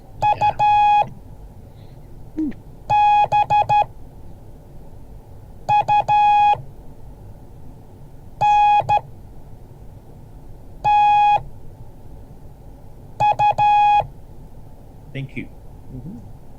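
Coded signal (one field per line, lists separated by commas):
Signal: Morse code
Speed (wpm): 12 wpm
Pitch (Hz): 830 Hz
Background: speech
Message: UBUNTU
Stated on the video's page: Morse code class.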